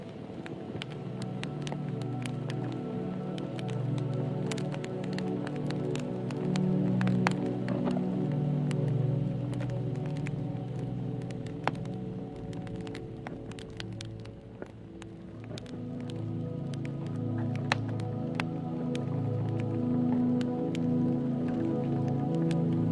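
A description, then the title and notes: A campfire burns, its crackles and sharp pops scattered densely and irregularly throughout, with a few louder snaps around 7, 12 and 18 seconds. Beneath them runs a steady, low, warm rumble of flame that dips briefly near 15 seconds. A dreamy night with firewood at the campsite.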